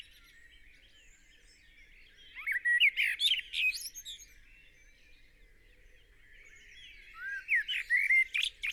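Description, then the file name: Common blackbird singing: two rich, fluting phrases around three and eight seconds, with high scratchy twitters and a soft chorus of other birds behind. "Turdus merula"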